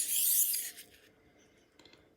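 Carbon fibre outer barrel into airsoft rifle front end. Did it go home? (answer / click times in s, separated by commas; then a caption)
no / none. A homemade carbon fibre outer barrel is slid into the front of a VFC AR15 GBBR airsoft rifle, producing a loud, bright rubbing scrape for the first 0.7 seconds that fades into quiet friction. A few faint light ticks follow around 1.8 to 1.9 seconds. The barrel is going in fine, but nothing has seated or clicked yet.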